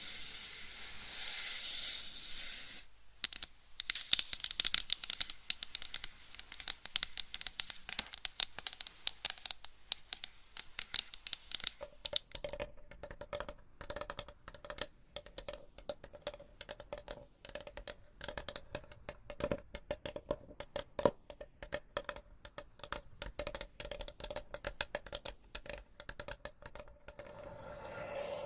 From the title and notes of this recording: ASMR Changing Triggers Every 30 Seconds Scratching , Tapping , Massage & More No Talking.